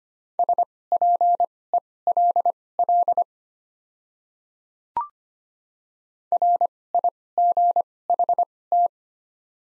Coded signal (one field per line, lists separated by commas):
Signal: Morse code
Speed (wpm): 25 wpm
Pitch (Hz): 700 Hz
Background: none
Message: SPELL RIGHT